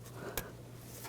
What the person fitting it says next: So, that locks in place.